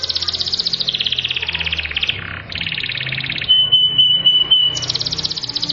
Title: Cengkok Kenari Mewah. Kenari mewah durasi panjang. Cengkok enak gaya istimewa